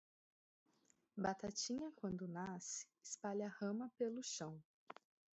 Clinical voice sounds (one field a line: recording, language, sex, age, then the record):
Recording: short text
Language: Brazilian Portuguese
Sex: female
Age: 30 to 39 years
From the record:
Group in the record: control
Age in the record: 30 years